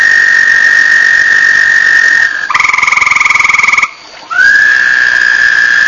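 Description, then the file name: Toads trilling: a long, steady high trill breaks off, a second toad gives a pulsed two-toned trill for over a second, then after a brief hush another trill rises in. Recorded 1 May 2007. "batesline. 20070501 toads"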